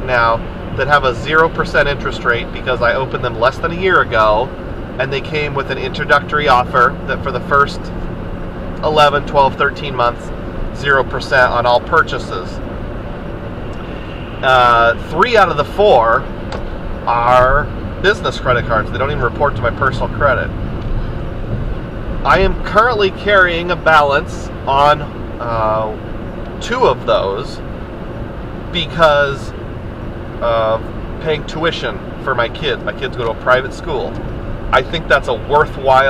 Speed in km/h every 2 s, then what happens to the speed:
103, 103, 101, 103, 105, 105, 103, 103, 103, 105, 101, 101, 100, 100, 100, 98, 100, 100.
0-36 steady at about 101.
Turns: none.